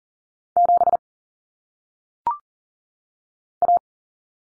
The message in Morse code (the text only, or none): 7 A